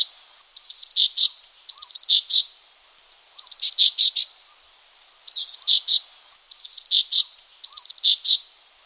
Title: G3latik b4t0. Green-backed Tit (Parus monticolus)